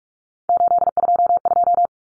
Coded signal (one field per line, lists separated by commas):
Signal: Morse code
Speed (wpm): 44 wpm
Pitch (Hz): 700 Hz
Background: none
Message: 822